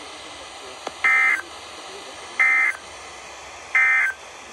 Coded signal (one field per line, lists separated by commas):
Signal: Emergency Alert System (SAME) tones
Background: speech